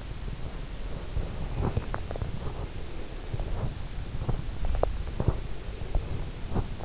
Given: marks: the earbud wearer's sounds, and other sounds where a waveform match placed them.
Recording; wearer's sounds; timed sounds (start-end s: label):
sounds in sleep by an in-ear microphone; teeth grinding
1.08-2.62 s: teeth grinding
3.59-6.85 s: teeth grinding